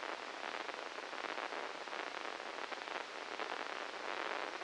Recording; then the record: brain microelectrode recording played as sound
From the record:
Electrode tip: inside the subthalamic nucleus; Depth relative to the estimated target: -1 mm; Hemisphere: left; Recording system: NeuroSet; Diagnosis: Parkinson's disease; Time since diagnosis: 13 years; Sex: male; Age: 63 years